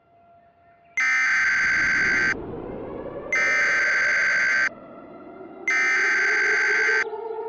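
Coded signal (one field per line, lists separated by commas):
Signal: Emergency Alert System (SAME) tones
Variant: header bursts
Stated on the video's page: Fictional EAS scenario.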